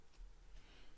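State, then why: Not seated. A 3D printed plastic part is pressed by hand with force and leverage into a printed kit-card model. Only quiet, low handling rustles and soft scraping are heard, with faint hiss around 0.2 s and 0.6 s. The part has not seated or clicked yet.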